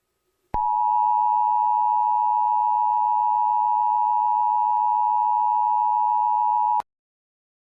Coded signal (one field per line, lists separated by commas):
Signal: Emergency Alert System (SAME) tones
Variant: 853 and 960 Hz attention tone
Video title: EAS Scenario #1 - The Devils Soundwaves